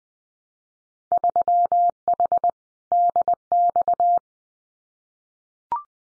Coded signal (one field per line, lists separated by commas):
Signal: Morse code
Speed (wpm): 19 wpm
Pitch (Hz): 700 Hz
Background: none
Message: 3H DX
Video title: Winter Field Day Exchange 20wpm